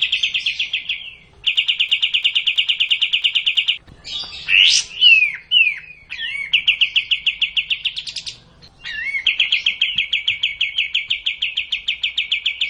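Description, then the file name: Streak-eared bulbul singing long, fast, even rattling trills, broken around the middle by a few loud swooping, looping whistles before the rapid chatter resumes. Masteran (training recording for cage birds). "kapas tembak masteran"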